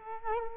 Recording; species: mosquito wingbeat signal from an infrared sensor; Culex quinquefasciatus